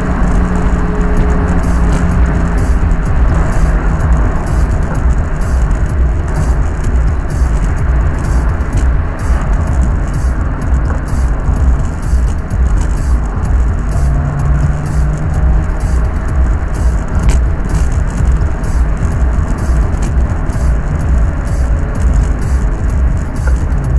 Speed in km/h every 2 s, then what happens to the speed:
116, 106, 95, 93, 90, 82, 81, 79, 85, 90, 93, 93.
0-11 slows to 81. 11-24 speeds up to 93.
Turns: none.